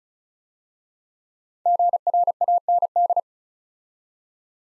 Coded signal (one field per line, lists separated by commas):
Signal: Morse code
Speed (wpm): 36 wpm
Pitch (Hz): 700 Hz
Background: none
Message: GRAND